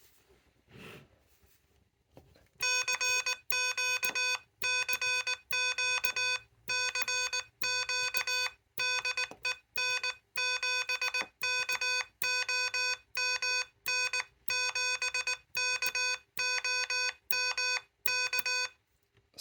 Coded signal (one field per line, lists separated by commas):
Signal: Morse code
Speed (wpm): 19 wpm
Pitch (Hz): 2500 Hz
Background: none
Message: CQ CQ CQ DE N7KOM N7KOM K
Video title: What's the Best Paddle to Use with the Elecraft KH1?